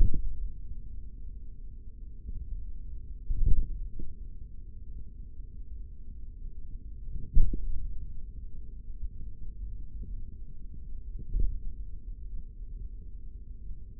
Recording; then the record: forearm muscle sounds (acoustic myography)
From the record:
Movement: hand opening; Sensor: system 3, bracelet of six PUI Audio POM-2738L microphones around the upper forearm, with dedicated amplification and filtering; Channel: 4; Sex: male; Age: 56 years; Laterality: right